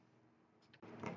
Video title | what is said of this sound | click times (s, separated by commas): How to replace the focus screen on your Canon EOS Rebel 600D T3i and similars. | Okay, now it's locked and I'm going to show you the before and after image. | 0.7 s, 1.1 s